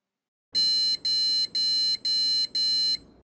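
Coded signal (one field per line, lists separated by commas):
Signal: beep code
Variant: PC motherboard POST beeps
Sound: five evenly spaced buzzy beeps, each about half a second, in a quiet room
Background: quiet room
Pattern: 5 short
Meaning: Five beeps indicate a graphics card failure or an unrecognized graphics card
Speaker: 5번이 났어요 그러면 그래픽카드 인식 불량 그래픽카드 고장 또는 그래픽카드 인식 불량 뭐 이런 거겠죠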